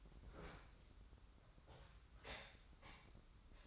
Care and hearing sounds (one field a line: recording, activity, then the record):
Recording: daily activity, microphone in the room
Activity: open fridge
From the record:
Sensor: 3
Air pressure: 994.5 hPa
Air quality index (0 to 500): 209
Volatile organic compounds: 1000 ppm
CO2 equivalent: 6969 ppm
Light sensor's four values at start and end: 125/295/121/114 and 124/294/121/114